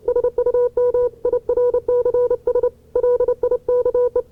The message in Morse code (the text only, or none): SUM IRCS LIKE